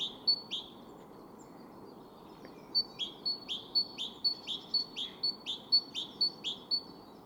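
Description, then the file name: Great tit song: after a pause early on, a crisp high two-note phrase repeated over and over in a steady rhythm, over constant low background noise. "Parus major"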